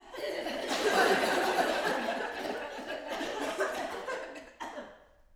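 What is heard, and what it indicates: Acted coughing from adult female choir voices, with a chuckle-like quality and a final sharp burst.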